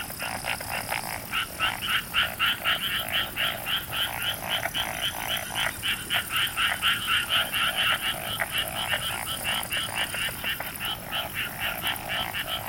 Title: Summer Japan, Hokkaido. Night Paddy's frogs. 夜の水田のカエル